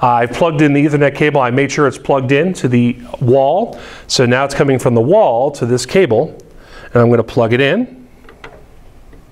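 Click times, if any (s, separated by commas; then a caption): none. Someone talks while handling an Ethernet cable with an RJ45 plastic plug, which runs from the wall, to plug it into the network port on the onboard Windows computer of a Newline Model RS+ interactive display. A few short, quiet handling sounds come after the talking stops, around 8.3 s, 8.4 s and 9.1 s. The plug has not seated or clicked into the port yet.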